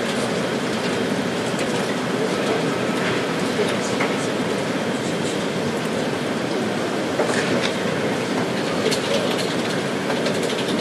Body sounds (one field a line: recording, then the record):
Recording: background sound without coughing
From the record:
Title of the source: Office Sounds Ambience - Background Noise for Study and Work